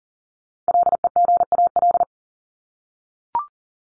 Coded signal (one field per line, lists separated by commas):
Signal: Morse code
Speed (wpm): 40 wpm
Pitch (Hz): 700 Hz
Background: none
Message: LEGAL